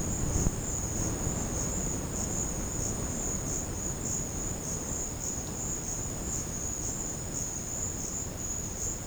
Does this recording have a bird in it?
no